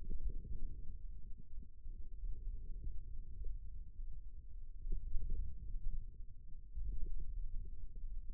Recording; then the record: forearm muscle sounds (acoustic myography)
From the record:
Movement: wrist extension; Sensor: system 2, bracelet of six BSWA MPA416 microphones around the upper forearm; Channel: 3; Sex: male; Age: 22 years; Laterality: right